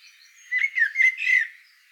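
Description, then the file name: Eurasian blackbird song: a brief warbled phrase of fluty notes breaking into a squeaky twitter. "solsort volker arnold"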